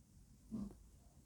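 A domestic cat snoring, a single low snore heard in the background; the cat is very fat.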